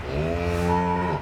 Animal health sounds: contact call of a hoofed animal; cattle; low-frequency (closed-mouth) or high-frequency (open-mouth) call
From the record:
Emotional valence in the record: negative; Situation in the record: full separation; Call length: 1.22 s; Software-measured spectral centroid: 1780 Hz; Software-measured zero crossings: 1400 a second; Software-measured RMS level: -24 dBFS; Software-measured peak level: -10 dBFS

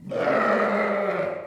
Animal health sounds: contact call of a hoofed animal; sheep; low-frequency (closed-mouth) or high-frequency (open-mouth) call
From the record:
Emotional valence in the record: negative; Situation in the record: short social isolation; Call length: 1.46 s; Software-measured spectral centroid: 1370 Hz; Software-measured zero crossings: 1590 a second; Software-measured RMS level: -24 dBFS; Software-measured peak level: -10 dBFS

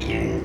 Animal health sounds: contact call of a hoofed animal; pig; closed-mouth grunt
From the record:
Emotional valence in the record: negative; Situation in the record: short social isolation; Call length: 0.44 s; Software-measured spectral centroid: 1830 Hz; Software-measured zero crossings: 1350 a second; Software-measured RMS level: -24 dBFS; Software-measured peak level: -12 dBFS

